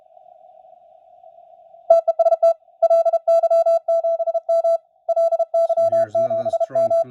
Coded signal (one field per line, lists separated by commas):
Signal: Morse code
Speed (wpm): 32 wpm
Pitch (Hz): 670 Hz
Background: none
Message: TEST LY7M LY7M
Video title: SDR Minion. Review. First Impressions